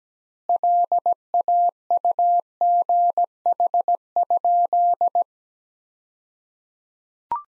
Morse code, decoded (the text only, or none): LAUGH?